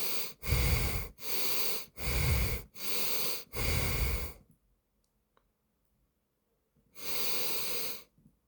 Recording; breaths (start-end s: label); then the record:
nose breathing near a microphone
0.18-0.98 s: exhalation
0.98-1.78 s: inhalation
1.78-2.53 s: exhalation
2.53-3.38 s: inhalation
3.38-4.28 s: exhalation
6.63-8.08 s: inhalation
From the record:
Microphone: phone